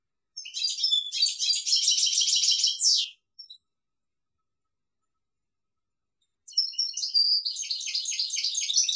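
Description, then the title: European goldfinch song: a lively three-second run of liquid twitters and trills, a short call, silence, then another twittering phrase begins. "Chant Chardonneret"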